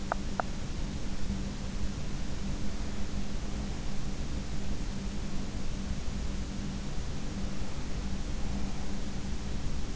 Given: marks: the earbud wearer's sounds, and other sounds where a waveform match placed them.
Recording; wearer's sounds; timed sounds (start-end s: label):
sounds in sleep by an in-ear microphone; teeth grinding
0.00-0.50 s: teeth grinding